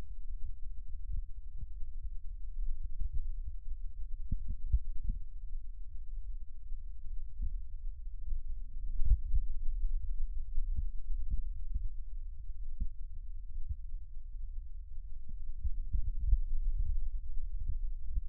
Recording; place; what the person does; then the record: lung sounds by stethoscope; left posterior basal chest; quiet breathing, then deep breathing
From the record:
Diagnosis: asthma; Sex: female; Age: 66 years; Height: 172 cm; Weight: 76 kg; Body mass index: 25.7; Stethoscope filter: bell mode